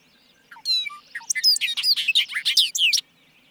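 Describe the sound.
Bobolink giving a rollicking song of clear opening notes that run into a fast, jangling string of high, twisting chirps, lasting about two and a half seconds.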